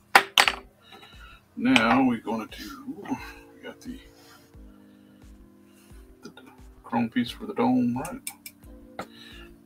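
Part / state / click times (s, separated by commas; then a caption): chrome dome trim piece into model car body / seated / 9.0 s. A small chrome plastic dome-light piece is pressed onto the die-cast body of a 1966 Batmobile model car while someone talks. Sharp clicks are heard at the start, and the piece snaps into place with a click at 9.0 s, seated.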